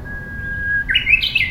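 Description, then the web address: Japanese bush warbler song: a long, level whistled note held nearly a second, then a quick, rising, warbled flourish, over a low background rumble. "shun uguisu many"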